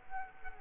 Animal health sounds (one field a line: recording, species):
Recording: mosquito wingbeat signal from an infrared sensor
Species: Culex quinquefasciatus